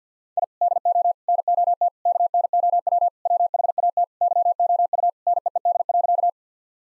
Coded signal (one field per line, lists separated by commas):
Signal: Morse code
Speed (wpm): 50 wpm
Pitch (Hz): 700 Hz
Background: none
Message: I DO NOT KNOW WHAT YOU NEED.